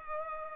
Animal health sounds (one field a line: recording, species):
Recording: mosquito wingbeat signal from an infrared sensor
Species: Culex pipiens